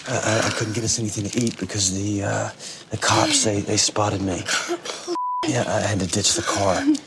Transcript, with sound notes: I couldn't get us anything to eat because the cops, they spotted me. (beep) I had to ditch the car.